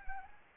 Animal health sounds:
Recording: mosquito wingbeat signal from an infrared sensor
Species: Anopheles arabiensis

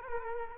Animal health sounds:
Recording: mosquito wingbeat signal from an infrared sensor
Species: Culex quinquefasciatus

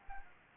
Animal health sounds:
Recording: mosquito wingbeat signal from an infrared sensor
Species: Anopheles arabiensis

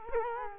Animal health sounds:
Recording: mosquito wingbeat signal from an infrared sensor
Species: Culex quinquefasciatus

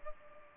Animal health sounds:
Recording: mosquito wingbeat signal from an infrared sensor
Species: Culex pipiens

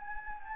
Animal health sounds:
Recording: mosquito wingbeat signal from an infrared sensor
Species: Anopheles gambiae

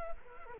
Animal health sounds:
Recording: mosquito wingbeat signal from an infrared sensor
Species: Culex quinquefasciatus

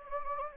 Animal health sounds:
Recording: mosquito wingbeat signal from an infrared sensor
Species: Anopheles gambiae

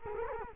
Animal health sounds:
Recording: mosquito wingbeat signal from an infrared sensor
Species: Culex quinquefasciatus

